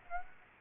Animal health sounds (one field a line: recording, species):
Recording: mosquito wingbeat signal from an infrared sensor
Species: Aedes aegypti